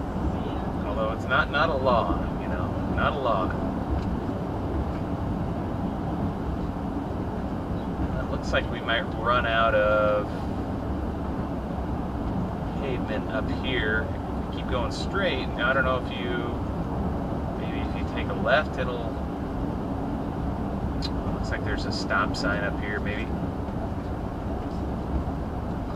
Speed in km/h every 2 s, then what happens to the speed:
92, 92, 90, 87, 85, 85, 87, 87, 87, 85, 85, 84, 82.
0-7 slows to 85. 7-26 steady at about 85.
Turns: none.